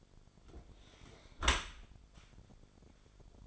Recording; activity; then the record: daily activity, microphone in the room; close dishwasher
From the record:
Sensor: 5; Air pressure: 1006.8 hPa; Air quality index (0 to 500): 184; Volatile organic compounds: 5 ppm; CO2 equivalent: 1757 ppm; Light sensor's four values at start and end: 53/150/59/59 and 53/147/58/58